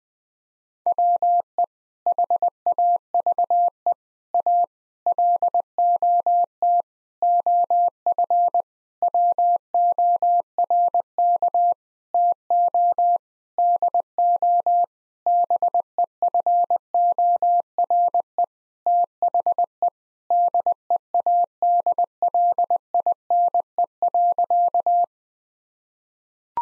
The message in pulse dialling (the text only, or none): none